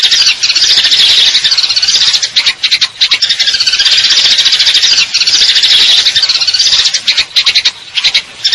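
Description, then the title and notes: Eurasian tree sparrow producing a continuous wash of shrill chirps and rattling trills, pausing briefly a few times. Fighting call with long trills; clear sound, masteran training for contest birds. "GEREJA TARUNG NEMBAK PANJANG SUARA JERNIH MASTERAN BURUNG LOMBA. Burung Gereja"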